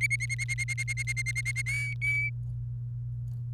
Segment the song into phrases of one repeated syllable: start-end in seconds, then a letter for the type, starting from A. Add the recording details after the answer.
0.01-1.62 A, 1.66-2.29 B, 3.53-3.53 C. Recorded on 29 April 2018 at 05:52. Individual llb3